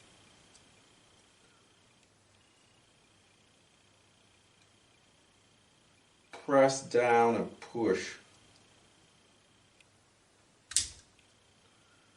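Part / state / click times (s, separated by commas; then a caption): plastic battery clip/cover in a wireless security camera housing / released / 10.8 s. While the old non-removable battery is being removed from an Arlo Essential wireless security camera, the plastic battery compartment clip in the camera housing is pressed down and pushed. Someone talks briefly, then a small, sharp snap is heard at 10.8 s against an otherwise quiet background. The clip releases and the part starts coming out.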